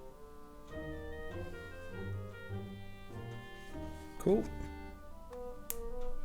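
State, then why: Seated. A plastic miniature part is pressed onto its matching leg piece while building a Space Marine model, with organ-like music playing and someone talking. It seats with a sharp, short click at 5.7 s, clicking into place.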